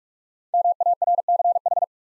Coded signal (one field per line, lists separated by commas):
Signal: Morse code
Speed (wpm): 44 wpm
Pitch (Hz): 700 Hz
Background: none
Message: MARCH